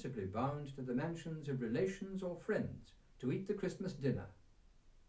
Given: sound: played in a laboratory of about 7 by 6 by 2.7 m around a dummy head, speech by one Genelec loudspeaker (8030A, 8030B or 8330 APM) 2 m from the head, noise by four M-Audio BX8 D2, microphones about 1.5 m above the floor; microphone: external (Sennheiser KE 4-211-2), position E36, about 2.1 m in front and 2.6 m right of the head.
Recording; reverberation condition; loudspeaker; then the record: male speech in English; low; 90 degrees to the left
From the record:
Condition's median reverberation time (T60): about 310 ms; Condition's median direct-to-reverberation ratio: about 3.5 dB